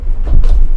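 A plastic rechargeable Akari 16-inch charging fan head is being fitted onto its stand rod socket to make a mini table fan. Low handling and rubbing noise is heard, with a brief sharp transient near 0.4 s. Nothing has seated or clicked yet; the fan head is not yet locked home.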